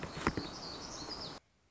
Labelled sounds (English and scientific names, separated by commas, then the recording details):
Black-throated Gray Warbler (Setophaga nigrescens)
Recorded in Sonoma County, California